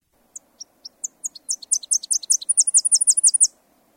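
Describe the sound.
Bird giving rapid high-pitched chips, a few spaced notes at first, then an accelerating, louder run of sharp down-slurred notes ending suddenly after three and a half seconds.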